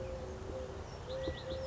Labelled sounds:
California Quail
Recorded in Sonoma County, California

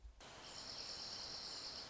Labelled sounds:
Dark-eyed Junco
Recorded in Sonoma County, California

